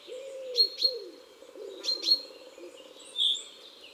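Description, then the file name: Coal tit song: pairs of sharp, high piercing notes given twice, with soft low cooing calls from another bird underneath. Song in woods and forests. "Mesange noire Chants doiseaux des bois et des forets"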